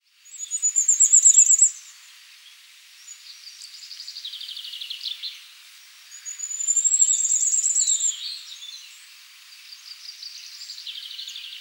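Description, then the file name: Firecrest song: thin, very high rapid note series, given twice, with softer buzzy, twittering sounds lower down between the phrases. "Reyezuelo listado"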